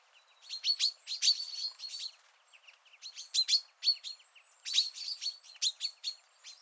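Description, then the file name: Common chaffinch calls: dense runs of sharp, high chirps and short twittering notes in three bursts. "Fringilla coelebs"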